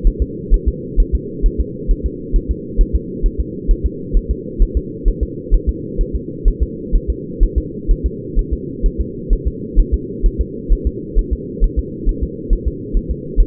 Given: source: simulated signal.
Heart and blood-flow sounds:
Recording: fetal heart sounds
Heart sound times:
0.07 s: S1
0.22 s: S2
0.54 s: S1
0.68 s: S2
1.00 s: S1
1.15 s: S2
1.46 s: S1
1.60 s: S2
1.91 s: S1
2.06 s: S2
2.36 s: S1
2.51 s: S2
2.81 s: S1
2.96 s: S2
3.26 s: S1
3.40 s: S2
3.71 s: S1
3.86 s: S2
4.17 s: S1
4.31 s: S2
4.62 s: S1
4.77 s: S2
5.08 s: S1
5.23 s: S2
5.54 s: S1
5.69 s: S2
6.01 s: S1
6.16 s: S2
6.48 s: S1
6.62 s: S2
6.96 s: S1
7.10 s: S2
7.43 s: S1
7.58 s: S2
7.91 s: S1
8.06 s: S2
8.39 s: S1
8.53 s: S2
8.86 s: S1
9.01 s: S2
9.33 s: S1
9.47 s: S2
9.80 s: S1
9.94 s: S2
10.26 s: S1
10.41 s: S2
10.72 s: S1
10.87 s: S2
11.19 s: S1
11.33 s: S2
11.64 s: S1
11.79 s: S2
12.09 s: S1
12.23 s: S2
12.53 s: S1
12.68 s: S2
12.97 s: S1
13.11 s: S2
13.40 s: S1
From the record:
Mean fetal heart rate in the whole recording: 130 bpm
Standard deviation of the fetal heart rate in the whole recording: 2 bpm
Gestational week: 38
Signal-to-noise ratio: -4.1 dB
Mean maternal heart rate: no maternal heart sound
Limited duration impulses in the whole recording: absent

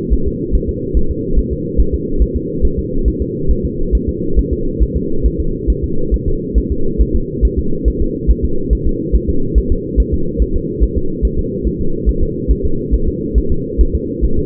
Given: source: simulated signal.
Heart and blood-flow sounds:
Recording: fetal heart sounds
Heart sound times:
0.14 s: S1
0.27 s: S2
0.55 s: S1
0.69 s: S2
0.97 s: S1
1.11 s: S2
1.39 s: S1
1.53 s: S2
1.80 s: S1
1.94 s: S2
2.22 s: S1
2.36 s: S2
2.65 s: S1
2.79 s: S2
3.08 s: S1
3.22 s: S2
3.51 s: S1
3.65 s: S2
3.95 s: S1
4.09 s: S2
4.39 s: S1
4.53 s: S2
4.82 s: S1
4.97 s: S2
5.26 s: S1
5.40 s: S2
5.70 s: S1
5.84 s: S2
6.14 s: S1
6.28 s: S2
6.58 s: S1
6.72 s: S2
7.01 s: S1
7.16 s: S2
7.45 s: S1
7.59 s: S2
7.88 s: S1
8.02 s: S2
8.31 s: S1
8.45 s: S2
8.73 s: S1
8.87 s: S2
9.15 s: S1
9.30 s: S2
9.58 s: S1
9.72 s: S2
10.00 s: S1
10.14 s: S2
10.42 s: S1
10.56 s: S2
10.84 s: S1
10.98 s: S2
11.25 s: S1
11.39 s: S2
11.67 s: S1
11.81 s: S2
12.09 s: S1
12.23 s: S2
12.51 s: S1
12.65 s: S2
12.94 s: S1
13.09 s: S2
13.38 s: S1
13.52 s: S2
13.81 s: S1
13.95 s: S2
14.25 s: S1
14.39 s: S2
From the record:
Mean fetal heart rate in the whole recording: 140 bpm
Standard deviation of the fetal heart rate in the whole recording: 2 bpm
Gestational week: 34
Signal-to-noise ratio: -8.1 dB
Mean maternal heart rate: 72 bpm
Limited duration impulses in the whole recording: absent

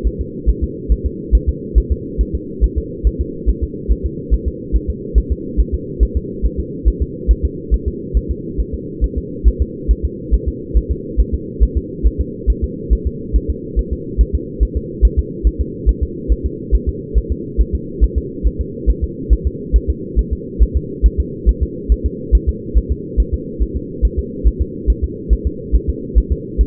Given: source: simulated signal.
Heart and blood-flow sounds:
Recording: fetal heart sounds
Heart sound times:
0.07 s: S1
0.21 s: S2
0.49 s: S1
0.64 s: S2
0.92 s: S1
1.06 s: S2
1.35 s: S1
1.49 s: S2
1.78 s: S1
1.92 s: S2
2.21 s: S1
2.35 s: S2
2.64 s: S1
2.78 s: S2
3.07 s: S1
3.21 s: S2
3.49 s: S1
3.63 s: S2
3.92 s: S1
4.06 s: S2
4.34 s: S1
4.48 s: S2
4.76 s: S1
4.90 s: S2
5.18 s: S1
5.32 s: S2
5.60 s: S1
5.74 s: S2
6.03 s: S1
6.17 s: S2
6.46 s: S1
6.60 s: S2
6.88 s: S1
7.02 s: S2
7.31 s: S1
7.45 s: S2
7.74 s: S1
7.88 s: S2
8.17 s: S1
8.31 s: S2
8.60 s: S1
8.74 s: S2
9.04 s: S1
9.18 s: S2
9.48 s: S1
9.62 s: S2
9.91 s: S1
10.05 s: S2
10.34 s: S1
10.48 s: S2
10.77 s: S1
10.91 s: S2
11.20 s: S1
11.34 s: S2
11.63 s: S1
11.77 s: S2
12.07 s: S1
12.21 s: S2
12.50 s: S1
12.64 s: S2
12.93 s: S1
13.07 s: S2
13.36 s: S1
13.50 s: S2
13.79 s: S1
13.93 s: S2
14.21 s: S1
14.35 s: S2
14.63 s: S1
14.77 s: S2
15.05 s: S1
15.19 s: S2
15.47 s: S1
15.61 s: S2
15.89 s: S1
16.03 s: S2
16.32 s: S1
16.46 s: S2
16.75 s: S1
16.89 s: S2
17.18 s: S1
17.32 s: S2
17.61 s: S1
17.75 s: S2
18.04 s: S1
18.18 s: S2
18.47 s: S1
18.61 s: S2
18.90 s: S1
19.04 s: S2
19.33 s: S1
19.47 s: S2
19.76 s: S1
19.90 s: S2
20.19 s: S1
20.33 s: S2
20.62 s: S1
20.77 s: S2
21.06 s: S1
21.20 s: S2
21.49 s: S1
21.63 s: S2
21.92 s: S1
22.06 s: S2
22.35 s: S1
22.49 s: S2
22.78 s: S1
22.92 s: S2
23.20 s: S1
23.34 s: S2
23.62 s: S1
23.77 s: S2
24.05 s: S1
24.19 s: S2
24.47 s: S1
24.62 s: S2
24.90 s: S1
25.04 s: S2
25.33 s: S1
25.47 s: S2
25.76 s: S1
25.90 s: S2
26.18 s: S1
26.32 s: S2
26.61 s: S1
From the record:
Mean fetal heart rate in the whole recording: 140 bpm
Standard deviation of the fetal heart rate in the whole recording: 2 bpm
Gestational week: 34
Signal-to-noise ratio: -4.1 dB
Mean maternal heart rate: no maternal heart sound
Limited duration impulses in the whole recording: absent

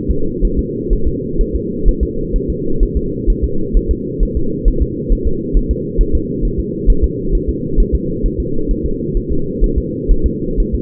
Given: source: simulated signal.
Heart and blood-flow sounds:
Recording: fetal heart sounds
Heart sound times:
0.10 s: S2
0.45 s: S1
0.59 s: S2
0.93 s: S1
1.07 s: S2
1.41 s: S1
1.55 s: S2
1.88 s: S1
2.03 s: S2
2.36 s: S1
2.50 s: S2
2.83 s: S1
2.97 s: S2
3.30 s: S1
3.44 s: S2
3.77 s: S1
3.91 s: S2
4.23 s: S1
4.37 s: S2
4.68 s: S1
4.82 s: S2
5.12 s: S1
5.27 s: S2
5.57 s: S1
5.71 s: S2
6.01 s: S1
6.15 s: S2
6.45 s: S1
6.59 s: S2
6.90 s: S1
7.04 s: S2
7.35 s: S1
7.49 s: S2
7.80 s: S1
7.95 s: S2
8.26 s: S1
8.40 s: S2
8.71 s: S1
8.86 s: S2
9.17 s: S1
9.31 s: S2
9.64 s: S1
9.78 s: S2
10.11 s: S1
10.26 s: S2
10.60 s: S1
10.74 s: S2
From the record:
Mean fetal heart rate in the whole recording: 130 bpm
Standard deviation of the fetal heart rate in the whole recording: 4 bpm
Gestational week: 38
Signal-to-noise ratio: -8.1 dB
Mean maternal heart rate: 72 bpm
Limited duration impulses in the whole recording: present

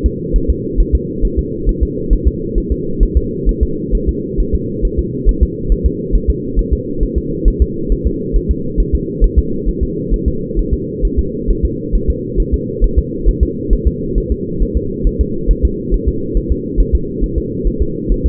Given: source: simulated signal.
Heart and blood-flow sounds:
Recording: fetal heart sounds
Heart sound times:
0.06 s: S2
0.36 s: S1
0.50 s: S2
0.80 s: S1
0.95 s: S2
1.25 s: S1
1.39 s: S2
1.69 s: S1
1.83 s: S2
2.13 s: S1
2.27 s: S2
2.58 s: S1
2.72 s: S2
3.03 s: S1
3.17 s: S2
3.49 s: S1
3.63 s: S2
3.95 s: S1
4.09 s: S2
4.40 s: S1
4.55 s: S2
4.85 s: S1
4.99 s: S2
5.29 s: S1
5.43 s: S2
5.72 s: S1
5.86 s: S2
6.15 s: S1
6.30 s: S2
6.59 s: S1
6.73 s: S2
7.03 s: S1
7.18 s: S2
7.48 s: S1
7.62 s: S2
7.92 s: S1
8.07 s: S2
8.36 s: S1
8.51 s: S2
8.80 s: S1
8.95 s: S2
9.24 s: S1
9.38 s: S2
9.69 s: S1
9.83 s: S2
10.14 s: S1
10.28 s: S2
10.59 s: S1
10.74 s: S2
11.05 s: S1
11.19 s: S2
11.50 s: S1
11.65 s: S2
11.95 s: S1
12.10 s: S2
12.40 s: S1
12.54 s: S2
12.84 s: S1
12.98 s: S2
13.28 s: S1
13.43 s: S2
13.73 s: S1
13.88 s: S2
14.18 s: S1
14.32 s: S2
14.62 s: S1
14.77 s: S2
15.07 s: S1
15.21 s: S2
15.51 s: S1
15.65 s: S2
15.94 s: S1
16.08 s: S2
16.37 s: S1
16.52 s: S2
16.80 s: S1
16.95 s: S2
17.24 s: S1
17.38 s: S2
17.67 s: S1
17.82 s: S2
18.12 s: S1
18.26 s: S2
From the record:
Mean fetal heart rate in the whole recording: 135 bpm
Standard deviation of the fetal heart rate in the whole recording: 3 bpm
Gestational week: 36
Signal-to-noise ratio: -6.6 dB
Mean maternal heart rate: 72 bpm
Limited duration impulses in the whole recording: present

